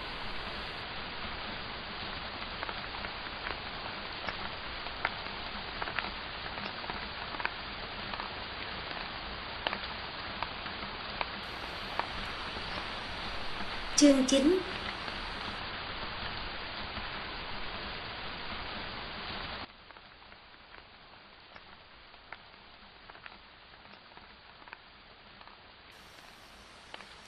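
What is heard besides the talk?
light rain pattering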